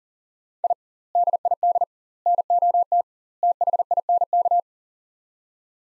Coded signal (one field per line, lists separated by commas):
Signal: Morse code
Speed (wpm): 40 wpm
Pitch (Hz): 700 Hz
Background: none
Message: I DID NOT THINK